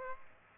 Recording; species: mosquito wingbeat signal from an infrared sensor; Aedes aegypti